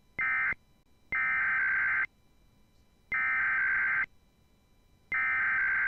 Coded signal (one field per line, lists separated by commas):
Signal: Emergency Alert System (SAME) tones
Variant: header bursts